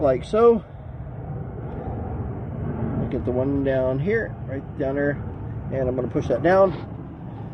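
Someone talks while handling an electrical wiring connector near the radiator of a BMW, rerouting it and pushing it down onto its sensor socket, which takes two clicks to make full contact. Low rumbling background noise runs under the speech. Nothing has seated or clicked yet.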